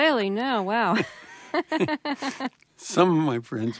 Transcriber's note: soundbite of laughter